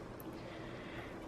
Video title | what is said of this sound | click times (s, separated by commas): Silicon Power Blaze B05 Unboxing and Review | it like clicks into place real nice. | 0.2 s